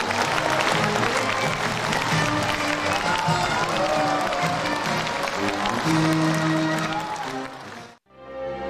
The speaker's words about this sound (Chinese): 人民大会堂、万人大礼堂，灯光璀璨，处处欢声笑语。20时许，习近平等来到晚会现场， 全场响起热烈的掌声。